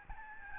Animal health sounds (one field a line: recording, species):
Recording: mosquito wingbeat signal from an infrared sensor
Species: Aedes albopictus